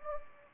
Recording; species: mosquito wingbeat signal from an infrared sensor; Anopheles gambiae